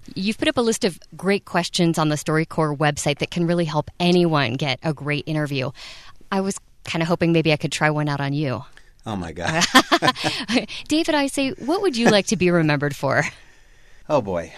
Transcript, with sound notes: You’ve put up a list of really great questions on the StoryCorps website that can really help anyone get a great interview. I was kinda hoping I could maybe try one out on you…
Oh my God... (laughing)
David Isay, what would you like to be remembered for?
Oh boy.